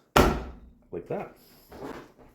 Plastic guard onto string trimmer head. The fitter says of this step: You're going to hear an audible click when this clicks into place, like that.